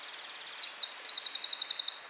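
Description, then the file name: Eurasian wren song, a few quick rising notes leading into a loud, fast, regular trill of high, sharp notes. "Troglodytes troglodytes"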